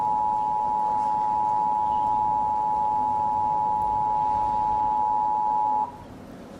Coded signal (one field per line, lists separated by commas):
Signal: Emergency Alert System (SAME) tones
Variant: 853 and 960 Hz attention tone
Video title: "H-TOWN" - An EAS Scenario